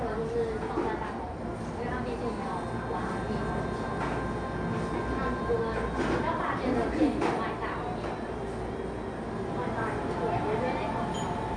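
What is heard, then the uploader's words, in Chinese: A busy café: many voices blend into a steady, dense murmur with no single speaker standing out. A low hum runs underneath throughout, and a few faint clinks of dishes surface now and then, around one, five and seven seconds. 咖啡廳。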